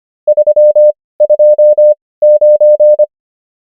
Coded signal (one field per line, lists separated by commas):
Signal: Morse code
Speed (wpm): 25 wpm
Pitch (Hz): 600 Hz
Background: none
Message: 329